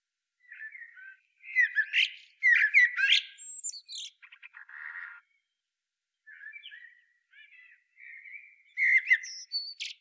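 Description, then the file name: Eurasian blackbird giving harsh, squawky calls in bursts with short squeaky notes, a buzzy note near four seconds, then a pause before more rasping calls. "Turdus merula"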